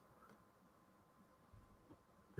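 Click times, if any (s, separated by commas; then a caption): none. A plastic part of a large-scale Routemaster bus model is handled and pushed toward its mating part in the model bus body. There is quiet low background noise with faint handling rustles and a louder burst right at the end. Nothing has seated or clicked yet.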